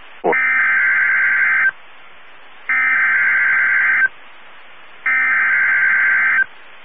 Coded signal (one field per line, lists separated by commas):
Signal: Emergency Alert System (SAME) tones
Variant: header bursts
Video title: EAS 1728-1732 (4/27 & 4/28/22)